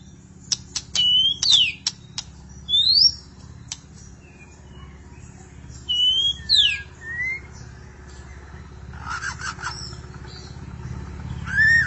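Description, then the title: Magpie-robin or shama song: scattered sharp whistles, some rising and some falling, mixed with dry clicks and a low steady background hum. "Suara Burung Murai"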